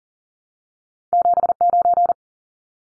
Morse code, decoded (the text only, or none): 79